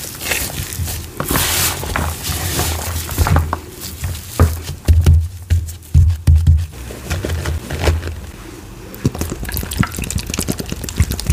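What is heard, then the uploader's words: Powder and liquid being handled: pouring, soft crunching and squeaky presses come in uneven bursts throughout. Sharp bright crackles and fizzing cluster around the middle and the last few seconds, over a low steady hum. Making Citric Acid Dyed Chalk & Cornstarch Crunchies. Pouring, powder play, cornstarch squeaks, citric acid sizzles.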